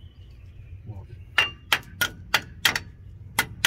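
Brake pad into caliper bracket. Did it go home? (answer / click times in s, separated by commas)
no / none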